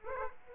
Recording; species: mosquito wingbeat signal from an infrared sensor; Aedes aegypti